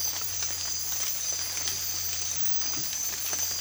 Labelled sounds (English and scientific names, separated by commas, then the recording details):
none
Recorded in dense forest near Puerto Asís, Putumayo, Colombia, on 8 March 2025 at 05:00
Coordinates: 0.503, -76.323
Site GP09